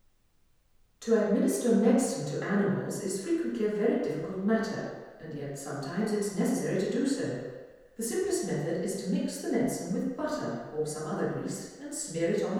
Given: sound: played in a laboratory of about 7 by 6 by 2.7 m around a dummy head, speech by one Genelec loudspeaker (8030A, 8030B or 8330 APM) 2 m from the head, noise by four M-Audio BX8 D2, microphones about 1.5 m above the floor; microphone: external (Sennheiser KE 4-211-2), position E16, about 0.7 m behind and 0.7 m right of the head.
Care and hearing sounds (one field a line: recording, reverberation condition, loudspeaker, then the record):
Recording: female speech in English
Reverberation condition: high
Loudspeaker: 60 degrees to the left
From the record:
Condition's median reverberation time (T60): about 1300 ms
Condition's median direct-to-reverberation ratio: about -4.0 dB